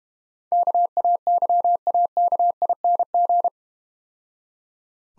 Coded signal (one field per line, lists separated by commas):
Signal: Morse code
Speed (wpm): 33 wpm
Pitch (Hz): 700 Hz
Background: none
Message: KAYAKING